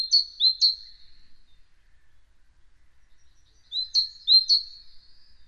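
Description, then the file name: Great tit giving two short bursts of its high, ringing two-note song, two phrases each, with a quiet gap between. "Parus major"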